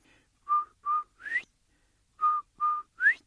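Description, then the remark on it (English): The whistled call of a quail repeated twice, each time two steady mid-pitched notes followed by a sharp upward-sliding note, with a pause between the phrases and no voices. “No, Quail's gone, and so is his beautiful whistle. And way off in the distance, he hears that beautiful sound.”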